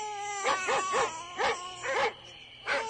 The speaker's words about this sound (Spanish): ¡Mujer! ¡El niño está llorando! ¡Ay, voy a verlo! A eso de las 12 de la noche, escucharon al bebé llorando.